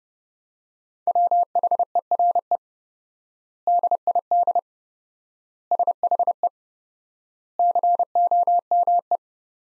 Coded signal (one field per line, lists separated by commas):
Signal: Morse code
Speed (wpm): 30 wpm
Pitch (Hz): 700 Hz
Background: none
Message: WHERE DID SHE COME